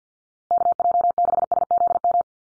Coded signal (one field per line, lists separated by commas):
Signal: Morse code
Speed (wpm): 50 wpm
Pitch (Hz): 700 Hz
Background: none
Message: KJ6SZM